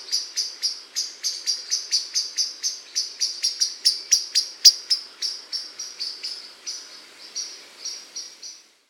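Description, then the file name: Common blackbird calling with a rapid run of clipped, high chink notes, several per second, fading toward the end. "Turdus merula"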